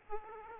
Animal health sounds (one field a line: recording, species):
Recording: mosquito wingbeat signal from an infrared sensor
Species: Aedes aegypti